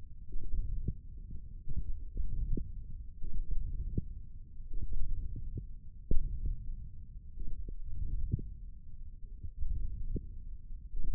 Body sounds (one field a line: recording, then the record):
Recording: forearm muscle sounds (acoustic myography)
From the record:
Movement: hook grip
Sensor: system 1, eight BSWA MPA416 microphones around the upper forearm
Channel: 3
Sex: male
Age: 20 years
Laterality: left